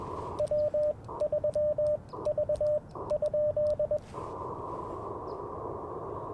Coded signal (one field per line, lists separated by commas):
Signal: Morse code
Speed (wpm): 21 wpm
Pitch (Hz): 590 Hz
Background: radio noise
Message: W3V?